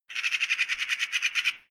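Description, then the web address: Magpie chattering call: a harsh, dry rattle of many rapid, evenly spaced notes, brief, with nothing else audible. Clamouring call. "soundpool sounds natur-tiere voegel"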